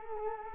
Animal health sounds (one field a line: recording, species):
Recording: mosquito wingbeat signal from an infrared sensor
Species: Culex quinquefasciatus